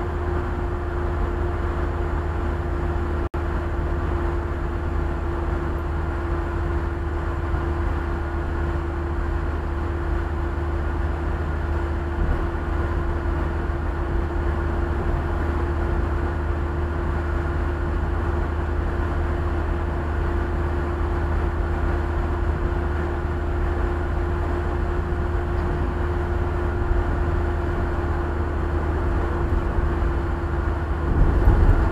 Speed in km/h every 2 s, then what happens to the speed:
78, 77, 76, 76, 75, 76, 74, 74, 75, 75, 75, 74, 75, 75, 76, 74.
0-32 steady at about 75.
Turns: none.